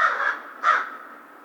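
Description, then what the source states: American crow giving two harsh, hoarse caws, the second slightly louder, followed by quiet. Recorded 2010-03-02.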